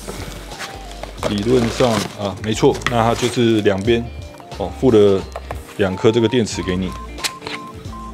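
Someone talks over background music while a battery pack is attached to its holder on the belt of a VIGX Pi hip powered exoskeleton. The battery uses a magnetic clasp and snaps into place with a single sharp click at 7.5 s, seating on its mount.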